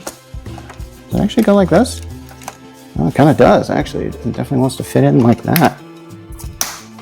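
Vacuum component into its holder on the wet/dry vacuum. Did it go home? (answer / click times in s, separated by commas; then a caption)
yes / 6.6 s. A component of a Roborock F25 wet/dry vacuum is pressed into its holder during setup while someone talks. A loud, sharp click at 6.6 seconds shows the part has seated in place.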